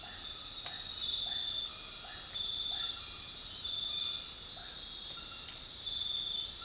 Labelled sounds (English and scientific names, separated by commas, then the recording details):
none
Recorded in dense forest near Puerto Asís, Putumayo, Colombia, on 18 February 2024 at 21:00
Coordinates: 0.500, -76.322
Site G6465